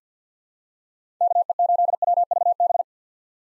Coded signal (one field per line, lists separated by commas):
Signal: Morse code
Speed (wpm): 50 wpm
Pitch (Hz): 700 Hz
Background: none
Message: KE8WVB